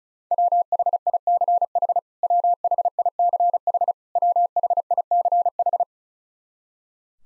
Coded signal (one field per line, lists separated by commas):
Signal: Morse code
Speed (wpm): 36 wpm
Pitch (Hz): 700 Hz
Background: none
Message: WHICH WHICH WHICH